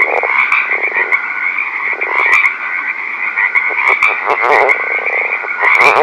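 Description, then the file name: Northern leopard frog: short bursts of low pulsed croaking scattered throughout, layered under a dense, steady high-pitched chorus. Recorded at night. "rpipiens night"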